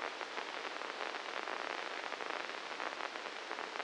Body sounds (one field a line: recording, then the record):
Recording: brain microelectrode recording played as sound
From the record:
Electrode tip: inside the subthalamic nucleus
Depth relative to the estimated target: 0 mm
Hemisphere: left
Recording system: NeuroSet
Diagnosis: Parkinson's disease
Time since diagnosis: 9 years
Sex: male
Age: 56 years